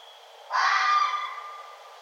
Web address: sounds mammals Red Fox 2011 11 01 Red Fox